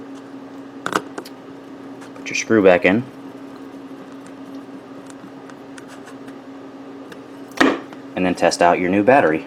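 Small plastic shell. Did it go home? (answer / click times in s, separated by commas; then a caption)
yes / 0.9 s, 1.0 s. The two plastic halves of a Game Boy game cartridge shell, opened to replace its battery, are slid together, with the back half pushed up onto the front half until it locks into place. Two sharp clicks at 0.9 s and 1.0 s mark it seating, over a steady low hum. Someone talks afterward.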